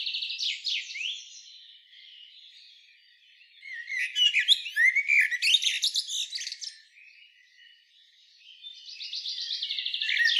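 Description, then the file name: Common blackbird twittering: squeaky opening notes, then a loud jumble of rapid high chirps and buzzes, a lull, and a repeated trilled phrase building at the close. "Turdus merula"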